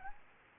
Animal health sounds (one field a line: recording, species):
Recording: mosquito wingbeat signal from an infrared sensor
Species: Aedes aegypti